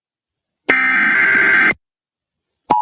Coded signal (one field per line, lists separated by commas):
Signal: Emergency Alert System (SAME) tones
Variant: header bursts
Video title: EAS tornado warning in Georgia (11-10-22) #emergencyalert #kaltfm #tornado